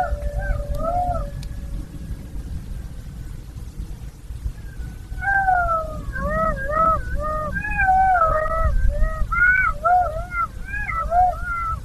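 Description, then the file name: Golden jackal calls: a faint steady tone at first, then from about five seconds a busy run of rising and falling wails. "Szakal zlocisty"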